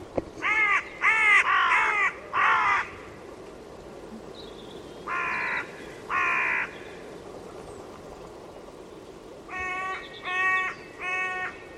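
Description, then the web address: Bird giving harsh, hoarse caws in bursts: four quick calls at first, a pair after a pause, then four more near the end, over steady low background hiss. "cianscape. Deverinetal 2025. Bird Only"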